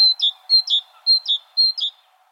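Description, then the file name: Great tit giving four quick two-note phrases, a high clear note dropping to a lower one, repeated about every half second. "Parus major"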